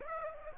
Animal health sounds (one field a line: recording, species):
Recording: mosquito wingbeat signal from an infrared sensor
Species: Aedes aegypti